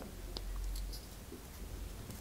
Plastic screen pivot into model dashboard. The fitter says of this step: en sorte de bien bien l'éclipser là c'est bien clipsé parfait rien à dire